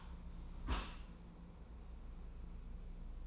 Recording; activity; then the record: daily activity, microphone in the room; close dishwasher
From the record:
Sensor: 1